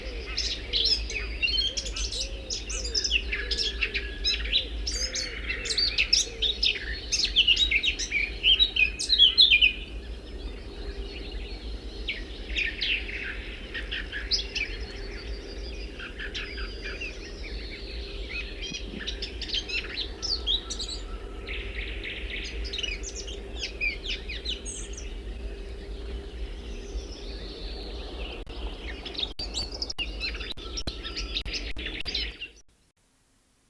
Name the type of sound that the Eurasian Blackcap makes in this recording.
song